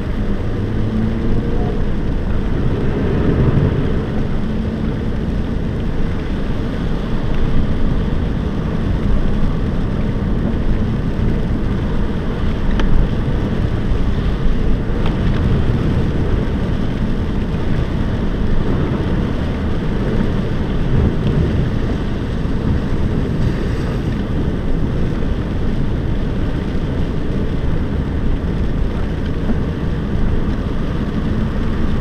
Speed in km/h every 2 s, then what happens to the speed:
44, 48, 48, 52, 53, 54, 54, 53, 52, 52, 51, 47, 45, 45, 46, 48.
0-10 speeds up to 54. 10-20 steady at about 52. 20-24 slows to 45. 24-32 steady at about 45.